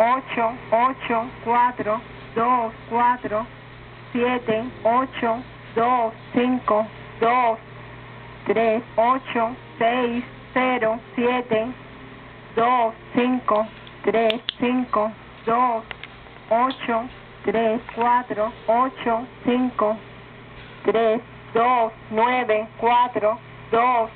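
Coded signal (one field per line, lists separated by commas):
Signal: numbers station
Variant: Spanish, Cuban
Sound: female voice reading Spanish numbers in a steady evenly spaced rhythm over radio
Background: radio static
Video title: Cuban Numbers Station at 2201 UTC 10/09/2014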